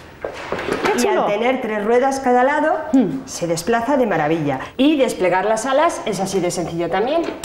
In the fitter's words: y bueno por supuesto un click para que quede fijo el pie